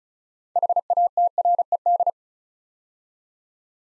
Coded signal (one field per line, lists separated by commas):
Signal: Morse code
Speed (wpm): 36 wpm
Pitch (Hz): 700 Hz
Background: none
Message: HATRED